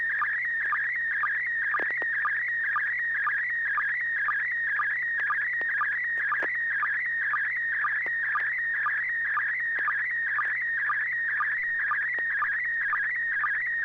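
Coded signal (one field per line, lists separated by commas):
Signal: SSTV (slow-scan television)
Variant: PD120 mode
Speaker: Bob uh are you ready well hopefully I am uh this should be PD 120 and 6 pgq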